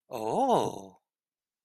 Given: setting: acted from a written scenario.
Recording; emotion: vocal sound without words; interest